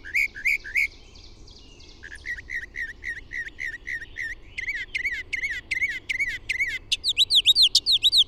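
Bird song moving through phrases: a few loud chirps, a run of repeated notes, then a series of louder, brighter high notes.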